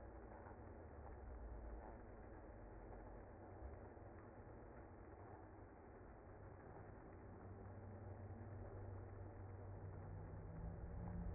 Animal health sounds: honeybee colony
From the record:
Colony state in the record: active

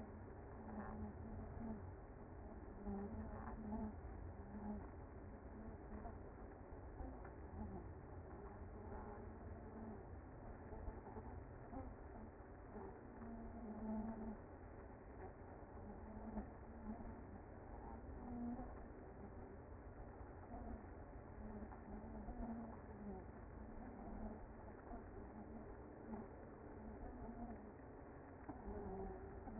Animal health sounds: honeybee colony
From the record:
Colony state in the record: active

